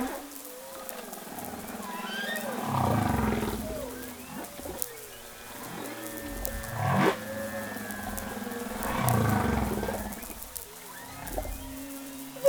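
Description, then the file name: Humpback whale song: wavering tonal moans and upsweeps layered over deep pulsed groans swelling three times, with a constant faint underwater hiss. Recorded in Madagascar. "Olivier ADAM Mada Baleine ABosse"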